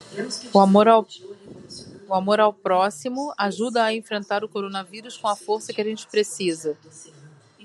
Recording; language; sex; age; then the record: spoken sentence; Brazilian Portuguese; female; 40 to 49 years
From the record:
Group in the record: control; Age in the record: 48 years